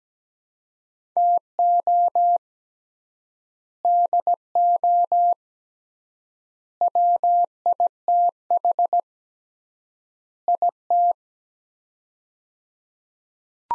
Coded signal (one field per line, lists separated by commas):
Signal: Morse code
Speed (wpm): 17 wpm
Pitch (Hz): 700 Hz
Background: none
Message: TO DO WITH IT